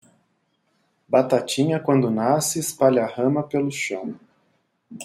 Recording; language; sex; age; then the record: short text; Brazilian Portuguese; male; 40 to 49 years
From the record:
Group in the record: control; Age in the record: 41 years